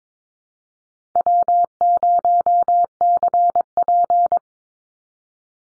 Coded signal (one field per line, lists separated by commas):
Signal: Morse code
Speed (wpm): 22 wpm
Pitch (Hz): 700 Hz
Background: none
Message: W0CP